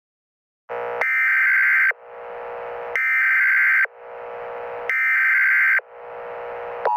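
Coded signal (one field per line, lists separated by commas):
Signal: Emergency Alert System (SAME) tones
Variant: header bursts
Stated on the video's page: Fictional EAS scenario, not a real alert.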